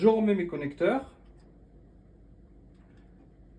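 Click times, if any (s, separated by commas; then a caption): none. Wiring harness connectors are being put back on a component of a Beko WMY 101283 washing machine and lined up before being pushed home; each connector has a small latch tab underneath. Someone talks for about the first second, then only a faint low background hum remains. Nothing has seated or clicked yet.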